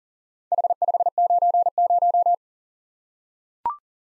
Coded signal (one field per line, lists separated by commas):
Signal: Morse code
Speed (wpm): 38 wpm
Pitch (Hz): 700 Hz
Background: none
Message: H590